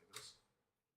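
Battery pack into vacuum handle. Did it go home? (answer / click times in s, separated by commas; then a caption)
yes / 0.2 s. An unusually shaped, long battery pack is slid into the bottom of a handheld vacuum's handle. It seats with a light, bright click at 0.2 s, followed by a fading tail. The battery pack is locked in place.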